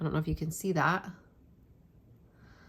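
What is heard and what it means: Someone talks briefly while pushing hard to close the vacuum-filler plunger of a fountain pen, working the plunger seal back into the pen's barrel; the pushing makes ink bubble up. After about 1.1 seconds the speech stops and only quiet, low background noise remains. Nothing has seated or clicked yet: the plunger seal has not snapped back into its seat, which is what splatters ink onto the page.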